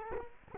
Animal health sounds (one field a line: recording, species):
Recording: mosquito wingbeat signal from an infrared sensor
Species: Culex quinquefasciatus